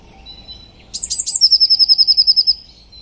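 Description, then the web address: Bird song: a few very high, sharp notes, then a fast, even trill of many ringing notes, ending in a thin tail. "Deverinetal 2025. Bird Only"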